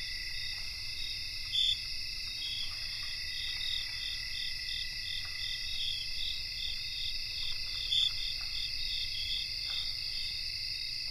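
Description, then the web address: Crickets in a dense chorus, steady high shrill trilling layered at several pitches, with a couple of brief louder chirps standing out. Cricket chorus recorded in North America. "Nature Songs N America Songs of Insects 77-Cricket chorus"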